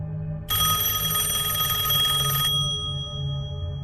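signal or alarm, telephone ringing

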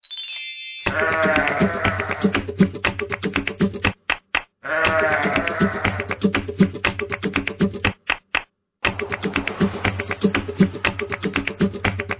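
animal, sheep bleating

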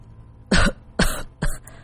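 human body sound, man coughing violently

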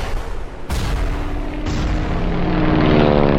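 vehicle, helicopter flying overhead

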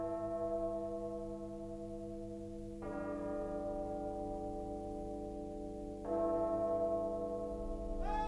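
signal or alarm, bells ringing

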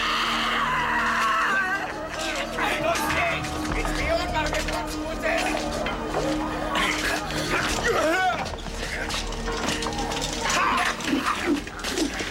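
sound effect, woman screaming

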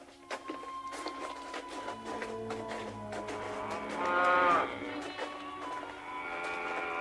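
animal, cows mooing

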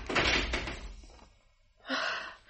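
household object, door being closed

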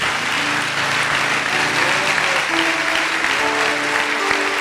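crowd, audience applauding

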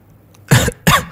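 human body sound, repeated coughing

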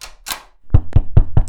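household object, knocking on a door

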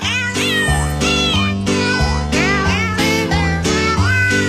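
animal, cat meowing

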